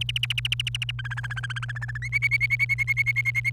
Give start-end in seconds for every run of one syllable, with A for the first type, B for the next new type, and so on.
0.01-0.91 A, 0.99-1.98 B, 2.02-3.50 C